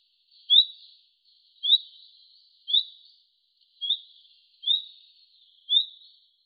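Bird calls: six crisp rising notes at an even pace of about one per second, each with a short fading buzz.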